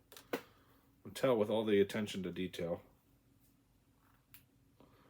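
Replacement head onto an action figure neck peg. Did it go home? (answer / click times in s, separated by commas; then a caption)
partly / 4.3 s. A replacement head is pushed onto the neck peg of a plastic wrestling action figure while someone talks, with a few small handling ticks near the start. A short click is heard at 4.3 s as the head goes on, but it sits loose without a firm snap.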